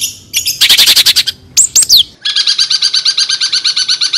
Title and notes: Suara Burung Cendet Tembakan Variasi 2. Masteran Burung Cendet